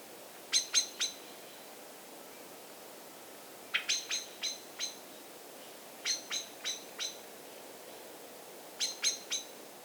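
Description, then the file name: Common blackbird calling in series of three to five rapid sharp clicks, the series repeated roughly every two to three seconds. "Turdus merula"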